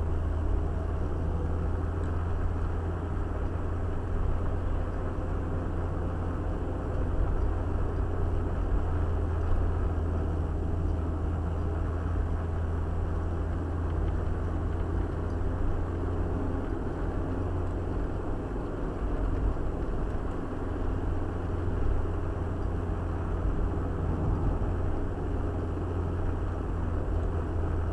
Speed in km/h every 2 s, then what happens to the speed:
49, 50, 52, 52, 50, 49, 50, 50, 52, 53, 52, 52, 52, 52.
0-28 steady at about 52.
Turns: none.